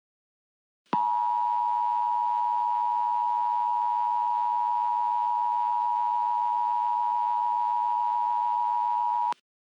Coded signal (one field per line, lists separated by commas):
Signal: Emergency Alert System (SAME) tones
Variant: 853 and 960 Hz attention tone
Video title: EAS Scenario #5: Hypernado (Halloween Special!)